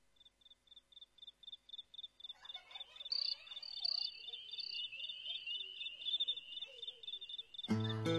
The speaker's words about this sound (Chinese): 而且在歌曲当中呢，他还将嘻哈与民谣两种音乐的风格呢相混合，甚至在前奏当中加入了非常清新的蟋蟀的声音，给人感觉非常特别。